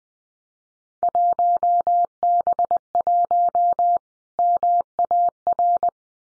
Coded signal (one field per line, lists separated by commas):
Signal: Morse code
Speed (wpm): 20 wpm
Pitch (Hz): 700 Hz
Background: none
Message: 1B1 MAR